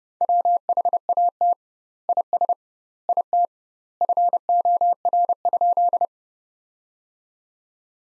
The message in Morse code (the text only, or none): WHAT IS IT FOR?